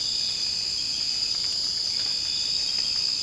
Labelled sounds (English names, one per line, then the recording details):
none
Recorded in secondary vegetation near Puerto Asís, Putumayo, Colombia, on 19 March 2025 at 00:30
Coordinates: 0.502, -76.326
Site G100